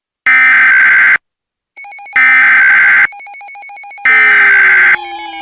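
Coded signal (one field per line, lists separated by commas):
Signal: Emergency Alert System (SAME) tones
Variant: header bursts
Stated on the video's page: Mock emergency alert scenario; air quality index disaster theme, fictional analog-horror recreation.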